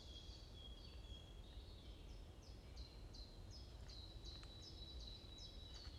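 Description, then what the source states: Birds chirping, a rapid series of short, high, sharply falling notes, over a steady low rumble. Morning birds chirping in a forest in Bosvoorde, Watermaal-Bosvoorde, Brussels, Belgium; described as peaceful ('rust'); recorded with an AMBE VR microphone.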